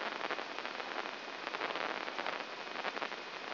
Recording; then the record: brain microelectrode recording played as sound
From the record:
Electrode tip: inside the subthalamic nucleus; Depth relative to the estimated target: -2 mm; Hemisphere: right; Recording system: AlphaMap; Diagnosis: Parkinson's disease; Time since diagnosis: 12 years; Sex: female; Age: 47 years